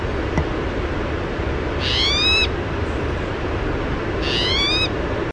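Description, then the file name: Spotted towhee giving two catlike mewing calls about two and a half seconds apart over steady background noise. "SPTO mew"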